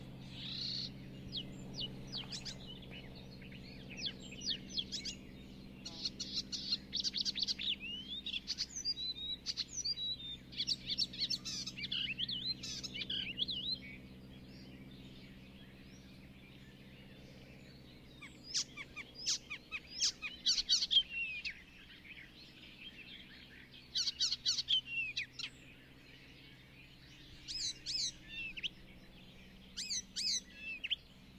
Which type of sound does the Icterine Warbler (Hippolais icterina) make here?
song